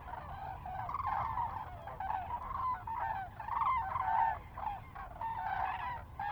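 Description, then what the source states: Common cranes giving rolling, trumpeting calls that overlap in a dense chorus, swelling and fading. Several common cranes in a close fly-by at Lac du Der, France, on 10 January 2021.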